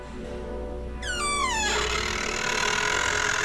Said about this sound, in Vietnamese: Nó nghe được âm thanh mở cửa tủ, nhịn không được quay đầu liếc mắt nhìn. Ánh sáng ảm đạm ngoài cửa sổ hắt vào, hai cái cánh cửa từ từ mở ra.